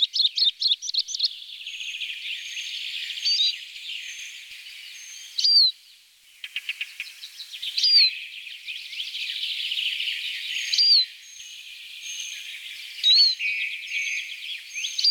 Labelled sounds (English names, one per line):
Eurasian Siskin song